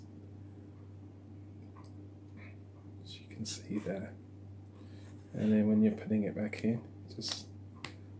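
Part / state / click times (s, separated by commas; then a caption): smartphone into battery case / seated / 7.8 s. An iPhone 7 Plus is slid back into a plastic U-good battery case while someone talks, with soft handling and sliding noises. A sharp click at 7.9 s marks the phone snapping home, fully seated in the case.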